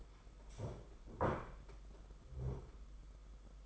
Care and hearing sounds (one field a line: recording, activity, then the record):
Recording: daily activity, microphone in the room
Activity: stand up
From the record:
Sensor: 5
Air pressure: 991.8 hPa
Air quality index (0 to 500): 142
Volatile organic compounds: 125 ppm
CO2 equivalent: 3904 ppm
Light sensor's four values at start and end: 32/108/40/43 and 32/108/40/43